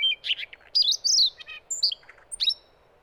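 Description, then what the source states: Siberian rubythroat song in a short, lively run of slurred whistles, buzzy notes and quick chirps jumping up and down in pitch. Recorded 30 May 2014 at 20:18.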